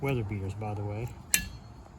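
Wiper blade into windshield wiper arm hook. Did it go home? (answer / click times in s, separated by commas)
yes / 1.3 s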